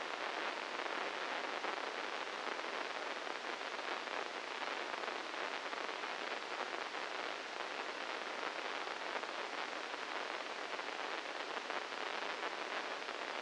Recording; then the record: brain microelectrode recording played as sound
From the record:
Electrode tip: inside the subthalamic nucleus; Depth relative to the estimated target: -2 mm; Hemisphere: right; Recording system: NeuroSet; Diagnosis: Parkinson's disease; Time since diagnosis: 15 years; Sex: female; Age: 59 years